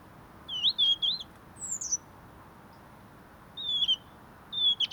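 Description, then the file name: European robin making high sliding whistles, one wavy phrase, a very high descending note, then two falling thin whistles, over steady low hiss. "Erithacus rubecula"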